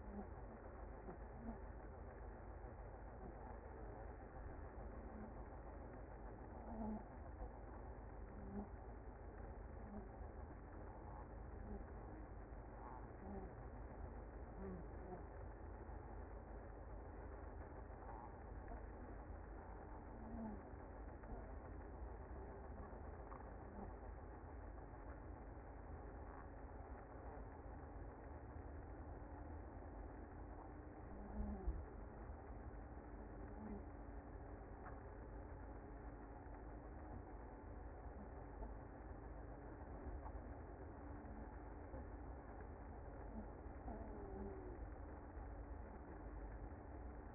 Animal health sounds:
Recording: honeybee colony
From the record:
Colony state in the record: active

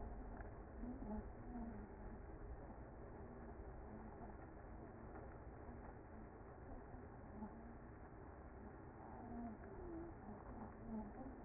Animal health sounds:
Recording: honeybee colony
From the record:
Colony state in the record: active

